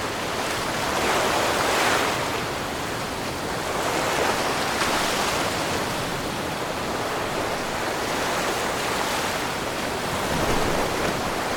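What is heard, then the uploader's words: Ocean waves wash onto a nighttime beach in a dense, continuous rush of hiss and spray. The surf swells and eases gently every few seconds, with slightly brighter surges near two, five and ten seconds, while a soft low rumble sits underneath throughout. Moonlit Ocean Waves. We've meticulously captured waves of varying intensities to create a multi-layered soundscape that immerses you right onto a secluded nighttime beach. Nighttime beach ambiance.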